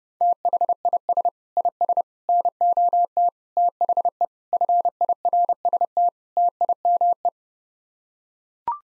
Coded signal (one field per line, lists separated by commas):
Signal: Morse code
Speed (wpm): 30 wpm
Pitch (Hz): 700 Hz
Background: none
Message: THIS IS NOT THE FIRST TIME